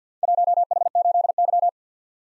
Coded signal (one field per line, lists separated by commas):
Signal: Morse code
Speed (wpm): 48 wpm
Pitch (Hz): 700 Hz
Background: none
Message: 1H8Y